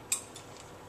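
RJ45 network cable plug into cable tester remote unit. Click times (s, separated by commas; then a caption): 0.1 s. The other end of a Cat 5B RJ45 network cable, whose first end is already in the cable tester, is pushed into the tester's remote unit. It gives a sharp, bright plastic click at 0.1 s, then a softer tap at 0.4 s. The plug seats in the remote unit.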